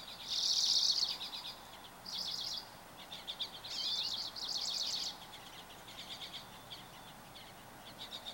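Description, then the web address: Bird song opening with a loud buzzy trill, followed by repeated chirping phrases and further rattling bursts, tapering to sparse chirps at the end. Recorded 24 April 2023. "starlog birds 20230424"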